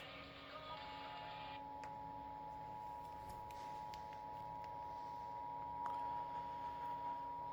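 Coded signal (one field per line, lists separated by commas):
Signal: Emergency Alert System (SAME) tones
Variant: 853 and 960 Hz attention tone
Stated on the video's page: Partial flash flood warning received on a NOAA Weather Radio and on television.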